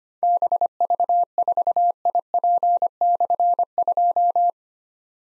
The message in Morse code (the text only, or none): BV4IP/2